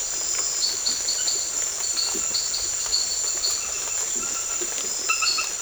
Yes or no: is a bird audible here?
no